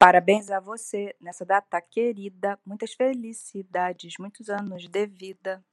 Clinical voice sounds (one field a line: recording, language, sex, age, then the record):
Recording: short text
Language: Brazilian Portuguese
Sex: female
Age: 50 to 59 years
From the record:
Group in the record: control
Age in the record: 55 years